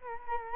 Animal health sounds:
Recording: mosquito wingbeat signal from an infrared sensor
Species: Culex quinquefasciatus

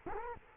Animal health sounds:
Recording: mosquito wingbeat signal from an infrared sensor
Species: Culex quinquefasciatus

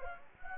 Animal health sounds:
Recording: mosquito wingbeat signal from an infrared sensor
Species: Anopheles gambiae

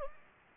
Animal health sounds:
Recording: mosquito wingbeat signal from an infrared sensor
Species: Anopheles gambiae

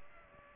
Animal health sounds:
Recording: mosquito wingbeat signal from an infrared sensor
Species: Aedes aegypti

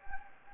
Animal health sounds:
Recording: mosquito wingbeat signal from an infrared sensor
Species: Anopheles gambiae

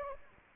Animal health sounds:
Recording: mosquito wingbeat signal from an infrared sensor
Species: Anopheles gambiae

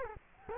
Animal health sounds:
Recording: mosquito wingbeat signal from an infrared sensor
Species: Culex quinquefasciatus

